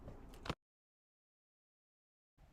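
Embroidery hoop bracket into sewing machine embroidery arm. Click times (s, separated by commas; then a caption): 0.5 s. The side bracket of an embroidery hoop is slid into a sewing machine's embroidery arm, a tight fit, with faint sliding and handling noise before a sharp click at 0.5 s as it locks into place. The hoop is seated, and near-total silence follows until soft background noise returns around 2.4 s.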